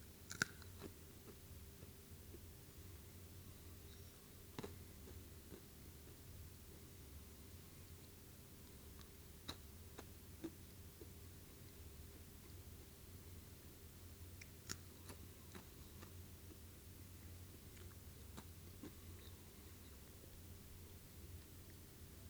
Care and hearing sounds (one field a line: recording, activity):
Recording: daily activity, guitar pickup as the sensor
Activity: eat